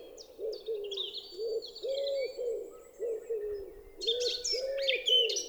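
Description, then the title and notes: Eurasian blackcap song, bursts of rich, fluting warbled notes, heard over a wood pigeon's steady low cooing repeated throughout. Recorded 10 April 2020 at Champs des Blas, Val Maravel, after dawn chorus; melodious song; wood pigeon cooing behind; Nagra LB, stereo omni MKH20. "Fauvette à tête noire (Sylvia atricapilla). Champs des Blas - Val Maravel"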